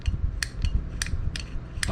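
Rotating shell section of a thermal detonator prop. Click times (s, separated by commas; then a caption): 0.4 s, 1.0 s, 1.4 s, 1.8 s. A rotating section of a thermal detonator prop shell is turned by hand, giving sharp ratchet-like detent clicks at 0.4, 1.0, 1.4 and 1.8 seconds over a low rumbling background. The clicks show the section has clicked into place and will lock.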